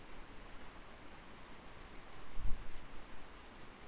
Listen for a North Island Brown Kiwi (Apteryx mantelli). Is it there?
no